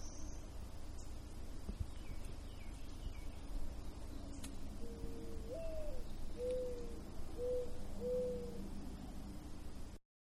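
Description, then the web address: Owl hooting, a few soft tonal hoots over a low rumbling background with faint high bird calls. In the middle of woods, with quiet birds in the background. "Manhattan Production Music. Owl In Middle Of Woods"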